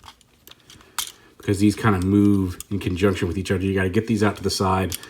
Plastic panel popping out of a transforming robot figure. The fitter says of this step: darker gray piece, and you can go ahead and pop this piece out here as well,